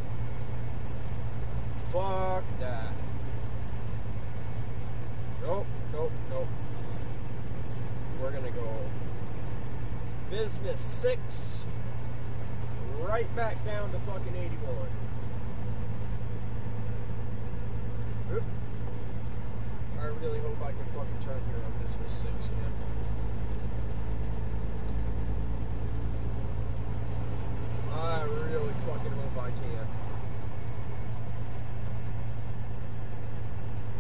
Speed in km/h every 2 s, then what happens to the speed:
55, 56, 58, 58, 58, 56, 56, 55, 55, 53, 53, 53, 55, 55, 56, 55, 55.
0-34 steady at about 55.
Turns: none.